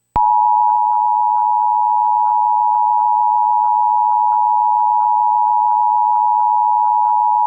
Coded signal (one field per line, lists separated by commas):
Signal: Emergency Alert System (SAME) tones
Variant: 853 and 960 Hz attention tone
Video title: EAS - Hazardous Materials Warning